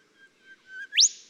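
Golden whistler song: soft, steady whistled notes leading into a loud, sharply rising whip that trails away.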